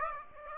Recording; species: mosquito wingbeat signal from an infrared sensor; Aedes aegypti